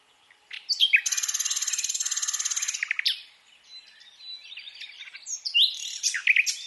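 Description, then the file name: Common nightingale song with a sustained, harsh buzzing rattle lasting about two seconds, then quieter varied notes and louder sharp chirps at the end. "Luscinia megarhynchos"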